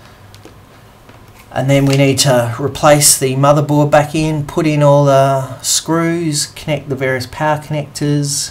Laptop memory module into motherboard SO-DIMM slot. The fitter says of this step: push it in and then push it down until you hear it click and